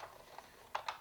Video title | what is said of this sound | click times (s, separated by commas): Star Wars B-Wing Restoration - Part 2 - Vintage Kenner 1984 | There, it snapped into place. | 0.8 s